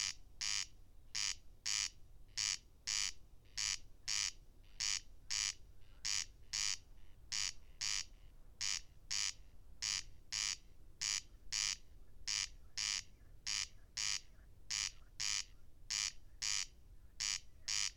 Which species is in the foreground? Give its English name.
Corn Crake